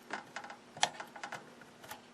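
A small pilot indicator bulb is handled and reseated in its socket in an old tube TV, with a series of light ticks and taps across the clip. A sharp, loud click at 0.8 s marks the bulb seating. The bulb then lights, showing it was not burned out, only poorly seated.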